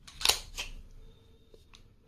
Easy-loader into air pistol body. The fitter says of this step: ये auto lock हो जाता है जैसे इसकी प्रिसिवल स्पोर्ट्स की सारी ए राइफल्स होती है।